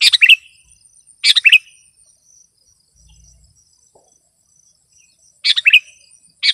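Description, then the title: Sooty-headed bulbul with four quick chirping phrases, two early, a four-second pause, then two more, plus a faint high hum and a brief low rumble. "kutilang"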